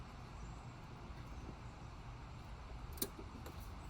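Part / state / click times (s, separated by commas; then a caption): car seat lower-anchor connector onto vehicle anchor bar / seated / 3.0 s. During a rear-facing installation of a Diono 2020 Radian 3QXT child car seat, the seat's lower-anchor (LATCH/UAS) connector is pushed onto the vehicle's anchor bar on one side. A steady low background rumble runs throughout until a single short, sharp click at 3.0 s, as the connector latches onto the anchor and seats.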